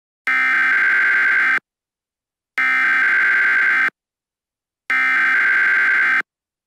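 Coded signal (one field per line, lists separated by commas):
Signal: Emergency Alert System (SAME) tones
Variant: header bursts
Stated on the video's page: Fictional EAS scenario about a parasitic disease outbreak; not a real alert.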